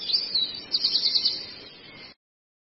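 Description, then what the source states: Long-tailed shrike giving a short burst of sharp, high chirps in quick succession, before the sound stops abruptly. Long-tailed shrike song presented as a masteran, a tutor recording for training birds.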